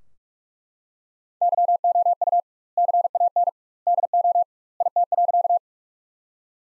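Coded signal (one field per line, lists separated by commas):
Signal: Morse code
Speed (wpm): 41 wpm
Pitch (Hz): 700 Hz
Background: none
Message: YOU CAN DO IT.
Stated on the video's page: Morse practice sentences built from the top 100 words at 45 wpm with twice the standard word spacing, a word-based Farnsworth-like method.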